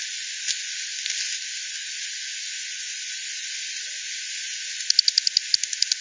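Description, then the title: Bat calls as a few soft ticks over hiss, ending in a fast train of sharp clicks. Multiple bats at the Hogsmill River by Hogsmill Lane, 7 October 2020, 18:10; frequency-division recording (FD10), bandpass-filtered and resampled. "WW bat 20201007 T 18 : 10 Z-Hogsmill-Lane-Hogsmill-River-multiple-bats-FD 10"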